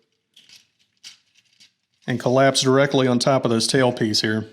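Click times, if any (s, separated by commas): none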